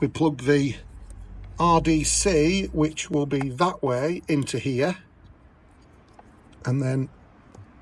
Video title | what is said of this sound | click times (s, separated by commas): First look at Chigee AIO-5 PLAY, the new high end Carplay / Android Auto unit from Chigee. | until it clicks into place, which it has done. | 6.2 s